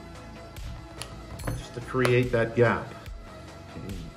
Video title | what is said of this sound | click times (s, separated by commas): How to open the iPod Classic #ipod #tech #techfix | heard it you heard it pop that's a good that's a good | 1.0 s